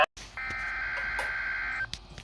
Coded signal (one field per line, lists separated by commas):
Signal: Emergency Alert System (SAME) tones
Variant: header bursts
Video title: SNOW SQUALL OUTBREAK... EAS Alerts from 3/28/22 (EAS #887-890)